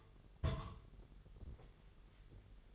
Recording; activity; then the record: daily activity, microphone in the room; place on stove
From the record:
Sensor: 4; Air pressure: 989.0 hPa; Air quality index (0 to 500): 208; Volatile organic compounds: 56 ppm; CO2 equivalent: 3371 ppm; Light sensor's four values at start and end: 29/98/36/38 and 29/99/36/38